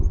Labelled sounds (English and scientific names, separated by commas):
Black-throated Gray Warbler (Setophaga nigrescens) flight call